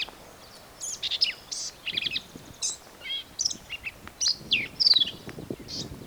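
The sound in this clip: Black-capped vireo singing rapid, varied, scratchy high phrases with quick chattering notes and short downslurred whistles, nearly continuous throughout.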